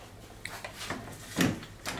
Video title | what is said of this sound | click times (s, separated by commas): Festool HKC 55 Track Saw With FSK Guide Rail Part 2 | until it clicks | 0.5 s